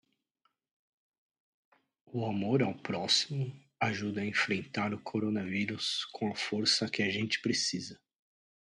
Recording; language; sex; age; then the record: spoken sentence; Brazilian Portuguese; male; 40 to 49 years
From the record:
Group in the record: control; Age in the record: 42 years